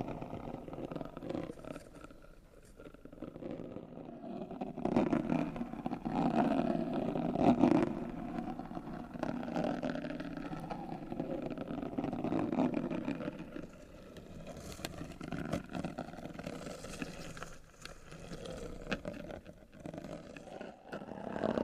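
Scratching and rubbing on cardboard make a continuous scraping, rasping texture, mostly low and midrange, with brief brighter clicks and scuffs scattered throughout. The strokes swell and fade irregularly, loudest around the five-to-eight-second mark, then ease slightly toward the end.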